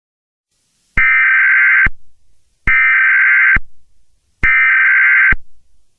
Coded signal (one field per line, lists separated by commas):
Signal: Emergency Alert System (SAME) tones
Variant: header bursts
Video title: Eas Update #3